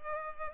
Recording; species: mosquito wingbeat signal from an infrared sensor; Culex pipiens